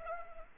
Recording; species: mosquito wingbeat signal from an infrared sensor; Culex pipiens